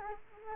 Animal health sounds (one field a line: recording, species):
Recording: mosquito wingbeat signal from an infrared sensor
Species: Culex quinquefasciatus